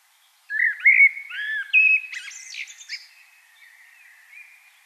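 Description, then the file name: Common blackbird song: a short fluty warble that runs into a burst of high, squeaky, scratchy twitters, then trails off softly. "Turdus merula"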